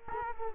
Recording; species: mosquito wingbeat signal from an infrared sensor; Culex quinquefasciatus